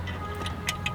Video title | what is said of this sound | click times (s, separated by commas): How to install an Apple TV 4 in Tommy L Garage's BMW F80 M3! Better than CarPlay?? F80 M3 Mods! | going to just plug that in it snaps right in place then | 0.7 s, 0.9 s